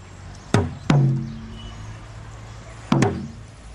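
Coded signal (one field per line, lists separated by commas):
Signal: talking drum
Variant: Asante atumpan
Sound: two pairs of deep resonant drum strokes with falling pitch, ringing out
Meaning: Calls the presenter's name, Gus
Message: Gus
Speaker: do Gus again wa no no no do Gus again please do Gus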